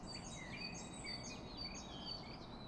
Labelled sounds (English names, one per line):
Great Tit